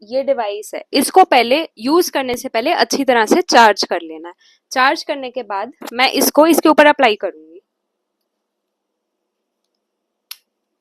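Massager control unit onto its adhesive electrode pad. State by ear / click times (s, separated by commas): seated / 10.3 s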